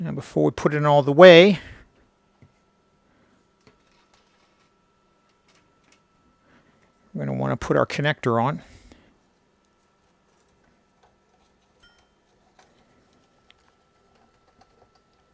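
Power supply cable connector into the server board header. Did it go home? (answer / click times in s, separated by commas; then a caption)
no / none. Someone talks while handling a plastic power-supply wiring connector about to be pushed onto its board header inside an HP MediaSmart Server (EX490/EX495) during a flex power supply replacement. Between the speech only faint, quiet ticks and handling noises are heard. Nothing has seated or clicked yet.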